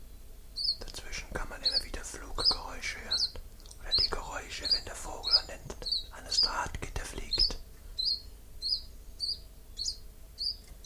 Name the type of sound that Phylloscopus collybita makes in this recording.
song